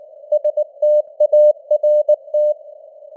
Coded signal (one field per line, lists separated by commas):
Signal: Morse code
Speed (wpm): 19 wpm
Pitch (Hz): 600 Hz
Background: none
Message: START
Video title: Morse Code News | 2026-01-15 | 19wpm